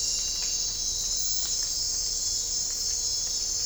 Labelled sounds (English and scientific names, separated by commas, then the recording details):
none
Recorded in dense forest near Puerto Asís, Putumayo, Colombia, on 20 December 2024 at 04:00
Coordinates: 0.499, -76.324
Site G045